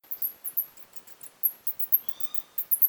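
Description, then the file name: Lesser short-tailed bat song of very high, thin chirps repeated in quick irregular bursts, a few faint lower tonal notes underneath. "mystacina tuberculata"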